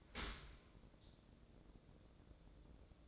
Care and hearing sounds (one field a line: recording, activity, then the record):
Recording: daily activity, microphone in the room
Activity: open dishwasher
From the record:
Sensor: 3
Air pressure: 1012.3 hPa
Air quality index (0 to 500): 153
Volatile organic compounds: 2 ppm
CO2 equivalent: 1180 ppm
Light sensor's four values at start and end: 497/1220/503/497 and 500/1227/506/500